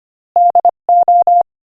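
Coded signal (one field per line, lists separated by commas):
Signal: Morse code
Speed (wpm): 25 wpm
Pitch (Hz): 700 Hz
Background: none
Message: DO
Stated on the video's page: Morse code practice at 25 wpm, sending a joke.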